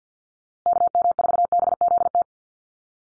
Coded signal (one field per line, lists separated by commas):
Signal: Morse code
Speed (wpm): 50 wpm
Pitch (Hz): 700 Hz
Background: none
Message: KM4BZT